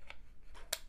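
During maintenance of a PepperBall TCP CO2 less-lethal launcher for launching issues, the barrel is inserted into the launcher body, pushing the bolt/regulator back. A faint tick at 0.1 s is followed by a sharp, bright click at 0.7 s as the barrel seats and the regulator clicks, the sound that confirms correct seating.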